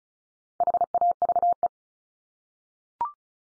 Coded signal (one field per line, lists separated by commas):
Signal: Morse code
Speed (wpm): 34 wpm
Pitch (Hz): 700 Hz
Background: none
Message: HAVE